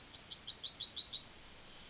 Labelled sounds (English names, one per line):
Yellowhammer song